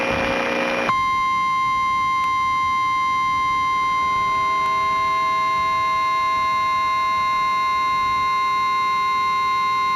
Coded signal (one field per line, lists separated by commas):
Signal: Emergency Alert System (SAME) tones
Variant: 1050 Hz attention tone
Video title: Emergency alert system pbs kids New York 6/17/18￼